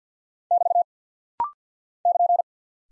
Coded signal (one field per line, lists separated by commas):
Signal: Morse code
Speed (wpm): 48 wpm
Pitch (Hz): 700 Hz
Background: none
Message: <BT> <KN>